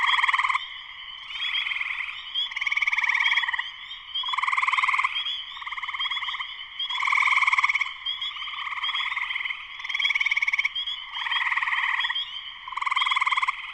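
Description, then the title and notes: Spring peeper chorus: many high, piping peeps layered into a steady wall of sound that surges in repeated loud bursts. Spring peepers in full chorus shortly after sunset, Sleeping Bear Dunes National Lakeshore, northern Michigan, USA. "Spring peepers (chorus frogs) in concert. Spring peepers (chorus frogs) in full chorus shortly after sunset in the Sleeping Bear Dunes National Lakeshore in northern Michigan, USA. Recorded by Darrin Wassom. Part of the Music for Sleep project"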